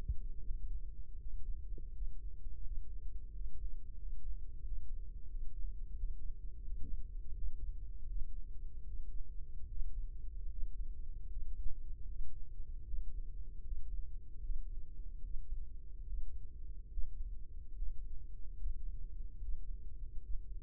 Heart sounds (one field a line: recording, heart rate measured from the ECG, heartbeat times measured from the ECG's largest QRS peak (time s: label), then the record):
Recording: heart sounds by microphone in the right ear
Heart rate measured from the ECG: 79 bpm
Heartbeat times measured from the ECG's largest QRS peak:
0.38 s: heartbeat
1.15 s: heartbeat
1.89 s: heartbeat
2.60 s: heartbeat
3.29 s: heartbeat
3.95 s: heartbeat
4.61 s: heartbeat
5.26 s: heartbeat
5.93 s: heartbeat
6.61 s: heartbeat
7.32 s: heartbeat
8.05 s: heartbeat
8.83 s: heartbeat
9.65 s: heartbeat
10.47 s: heartbeat
11.26 s: heartbeat
12.04 s: heartbeat
12.82 s: heartbeat
13.61 s: heartbeat
14.39 s: heartbeat
15.19 s: heartbeat
16.03 s: heartbeat
16.87 s: heartbeat
17.72 s: heartbeat
18.55 s: heartbeat
19.37 s: heartbeat
20.18 s: heartbeat
From the record:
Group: healthy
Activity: breath hold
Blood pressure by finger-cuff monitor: 160/106 mmHg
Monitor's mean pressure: 121 mmHg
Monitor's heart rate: 77 bpm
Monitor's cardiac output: 5.1 L/min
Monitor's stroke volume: 65 mL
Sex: male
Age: 35 years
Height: 178 cm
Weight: 64 kg